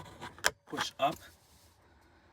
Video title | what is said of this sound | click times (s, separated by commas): 2025 Honda Pilot: Replacing the cabin air filter | Once it's lined up with that peg, push up until you hear it click in. | 0.5 s